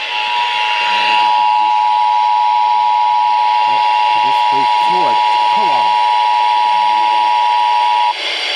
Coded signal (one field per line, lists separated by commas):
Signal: Emergency Alert System (SAME) tones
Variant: 853 and 960 Hz attention tone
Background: speech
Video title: NOVEMBER'S TEST... EAS Test Alerts From 11/4/25 - 11/26/25 (EAS#4,952 - 4,982)